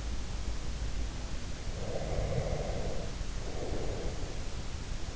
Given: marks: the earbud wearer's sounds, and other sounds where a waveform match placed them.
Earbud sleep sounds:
sounds in sleep by an in-ear microphone; breath
1.76-4.36 s: breath

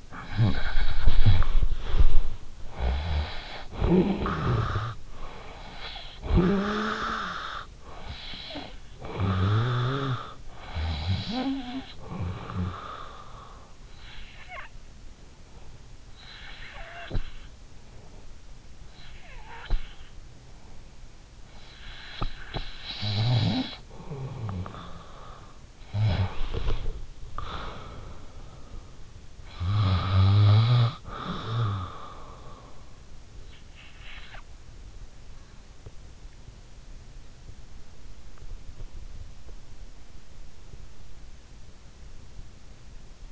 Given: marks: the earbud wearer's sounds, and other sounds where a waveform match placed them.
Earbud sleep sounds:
sounds in sleep by an in-ear microphone; body movement, snoring breath, breath
0.00-2.58 s: body movement
0.22-13.91 s: snoring breath
13.91-21.39 s: breath
21.39-33.39 s: snoring breath
33.39-34.62 s: breath

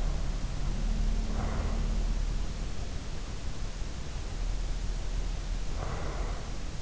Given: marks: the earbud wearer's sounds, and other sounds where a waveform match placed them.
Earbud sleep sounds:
sounds in sleep by an in-ear microphone; breath
0.99-2.06 s: breath
5.60-6.82 s: breath

